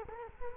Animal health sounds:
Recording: mosquito wingbeat signal from an infrared sensor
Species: Culex quinquefasciatus

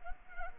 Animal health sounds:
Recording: mosquito wingbeat signal from an infrared sensor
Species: Culex pipiens

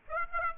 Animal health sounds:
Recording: mosquito wingbeat signal from an infrared sensor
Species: Aedes aegypti

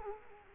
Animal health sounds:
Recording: mosquito wingbeat signal from an infrared sensor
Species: Culex quinquefasciatus

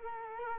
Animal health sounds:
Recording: mosquito wingbeat signal from an infrared sensor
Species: Culex quinquefasciatus

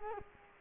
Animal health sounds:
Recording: mosquito wingbeat signal from an infrared sensor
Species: Culex quinquefasciatus

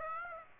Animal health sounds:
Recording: mosquito wingbeat signal from an infrared sensor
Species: Aedes aegypti

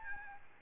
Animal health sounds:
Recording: mosquito wingbeat signal from an infrared sensor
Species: Aedes albopictus

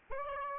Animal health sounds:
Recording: mosquito wingbeat signal from an infrared sensor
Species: Aedes albopictus

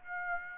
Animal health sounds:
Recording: mosquito wingbeat signal from an infrared sensor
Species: Aedes aegypti

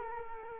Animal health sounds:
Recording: mosquito wingbeat signal from an infrared sensor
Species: Culex quinquefasciatus

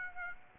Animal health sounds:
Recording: mosquito wingbeat signal from an infrared sensor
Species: Aedes aegypti

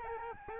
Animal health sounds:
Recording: mosquito wingbeat signal from an infrared sensor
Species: Aedes albopictus

